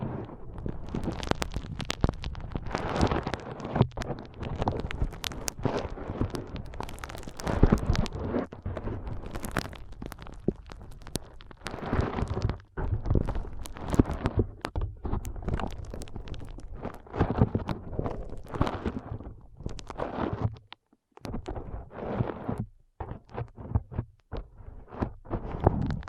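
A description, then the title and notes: Foam being squeezed and rubbed for a brain massage, a dense run of soft crackling and squishing with strong low thumps. Bursts come in quick, uneven strokes with brief near-silent gaps around 13 and 21 seconds, and a few sharper bright crackles throughout. ASMR Powerful Foam Brain Massage.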